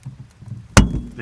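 Prying the other end of a third brake light housing on a Pontiac G8 GT / Holden Commodore, the second retaining clip in the car body trim releases. It gives one loud, sharp snap at 0.8 s over low background rumble. The clip pops open and comes free.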